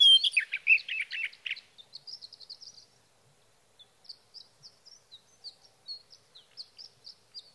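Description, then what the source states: Sage thrasher song, a loud, fast, scratchy warble lasting under two seconds, followed by a long series of faint high chirps repeated irregularly. Male singing through the night near his night roost, three nights from the evening of June 12 to the morning of June 15, 2018, Sierra Valley, California; Swift recorder placed near roost.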